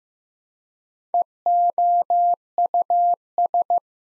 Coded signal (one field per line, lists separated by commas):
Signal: Morse code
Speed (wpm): 15 wpm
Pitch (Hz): 700 Hz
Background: none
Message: EOUS